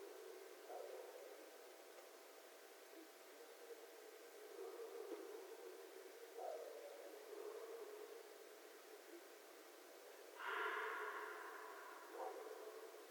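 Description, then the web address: Red fox giving soft low yelps before one loud, hoarse scream near the end, followed by a short lower call. Recorded 11 January 2012. "sounds mammals Red Fox 2012 01 11 Red Fox long"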